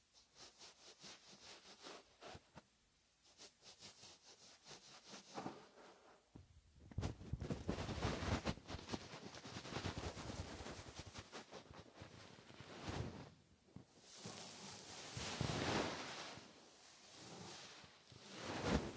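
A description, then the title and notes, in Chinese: A soft feather stick brushes against the ear in an ear-cleaning session. The first six seconds are quiet and sparse, with light ticks and strokes. Then the feathery rustling turns dense and scratchy, swelling in waves around fifteen seconds and again at the end. 温柔的鹅毛棒！耳朵清洁。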